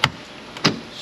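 A plastic trim piece is pressed onto the driver door panel of a Toyota Sienna, with the door panel hardware already installed. Two sharp snaps are heard at 0.0 and 0.7 seconds, with a faint tap just before the second. The trim piece snaps into place and is seated.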